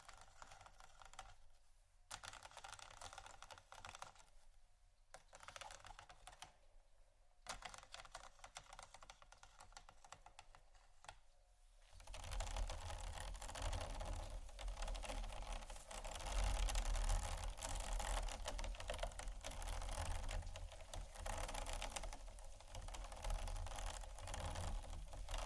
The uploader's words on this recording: ASMR Scratching & Tapping For Sleep（No Talking）.